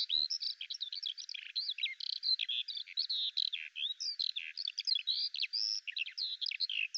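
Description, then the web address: Bird calls in quick, jumbled twittering, sharp chirps and brief rising and falling whistles following one another without pause. "Deverinetal 2025 File cleaned normalized Bird Al Ar"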